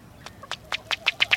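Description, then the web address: Ruddy duck giving a quick series of about eight dry clicks that speeds up and grows louder. Recorded at Emiquon, Illinois. "emiquon virtual tour. ruddy duck"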